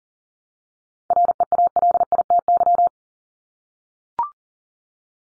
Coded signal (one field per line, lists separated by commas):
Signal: Morse code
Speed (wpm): 40 wpm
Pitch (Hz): 700 Hz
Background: none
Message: REALITY